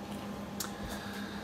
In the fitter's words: the handle just squeezes back into the groove to lock it in place